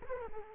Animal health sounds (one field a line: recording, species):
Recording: mosquito wingbeat signal from an infrared sensor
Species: Culex quinquefasciatus